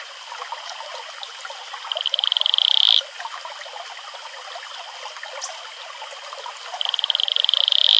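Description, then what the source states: Atelopus franciscus advertisement call: a fast pulsed trill swelling to an abrupt end, a second starting about five seconds later, with trickling water noise behind. Male; advertisement call.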